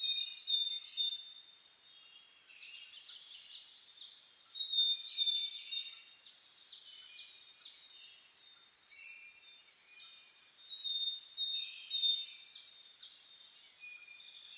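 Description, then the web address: Bird: dawn chorus of many birds, a dense mesh of high twitters and whistled notes, with louder bursts near five and eleven seconds. Dawn chorus (reimei) birdsong (saezuri), recorded 10 May 2010. "reimei DH-D 50-saezuri-20100510-0401"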